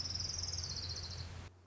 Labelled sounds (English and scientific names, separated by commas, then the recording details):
Orange-crowned Warbler (Leiothlypis celata)
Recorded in Sonoma County, California